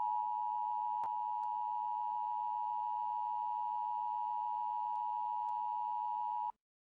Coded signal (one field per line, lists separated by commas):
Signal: Emergency Alert System (SAME) tones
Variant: 853 and 960 Hz attention tone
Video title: EAS Scenario - Red Death